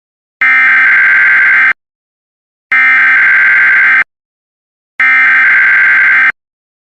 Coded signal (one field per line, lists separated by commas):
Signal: Emergency Alert System (SAME) tones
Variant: header bursts